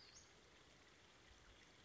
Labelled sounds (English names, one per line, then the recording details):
Western Flycatcher
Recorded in Sonoma County, California